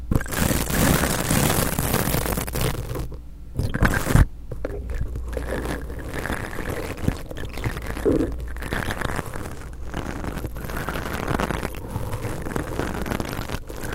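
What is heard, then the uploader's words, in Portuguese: Things are rubbed and passed against a microphone, making close, muffled scraping and rustling with a heavy low rumble. A sharp thump lands around four seconds, right after a brief near-silent gap. The handling then settles into softer, steady rustling with occasional light knocks. Arrepiando sua nuca passando coisas no mic ASMR.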